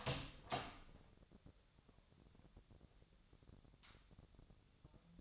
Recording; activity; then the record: daily activity, microphone in the room; open door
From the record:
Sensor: 3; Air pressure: 1007.3 hPa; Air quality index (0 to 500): 199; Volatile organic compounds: 16 ppm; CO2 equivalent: 2551 ppm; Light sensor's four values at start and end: 12/29/12/12 and 13/30/12/12